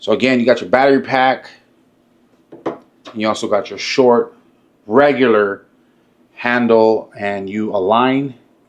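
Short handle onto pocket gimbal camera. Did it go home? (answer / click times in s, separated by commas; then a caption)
no / none. Someone talks while a short handle accessory is aligned with a pocket gimbal camera and pushed on, with a brief sharp tap at about 2.7 s between phrases. Nothing has seated or clicked yet; the clip ends just before the handle goes home.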